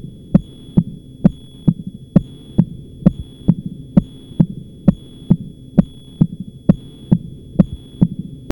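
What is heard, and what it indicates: Sharp, clicking heart sounds repeat regularly at about 66 beats a minute, each beat giving a crisp paired click over a low steady hum. These are the prosthetic sounds of a Starr-Edwards caged-ball mechanical valve, heard as the tone of a stiff valve.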